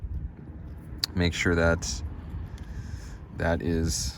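A ribbon flex cable connector is pressed onto its socket on an iPhone X logic board as the final step of a charging port replacement, giving a sharp, brief snap at 1.0 s. Someone talks over a low background hum, and the connector is seated, snapped into place.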